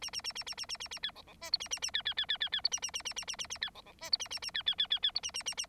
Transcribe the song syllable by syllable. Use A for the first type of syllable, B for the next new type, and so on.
A A A A A A A A A B C C D E A A A B B B B B B E A A A A A A A A B C C D E A A A B B B B B E A A A A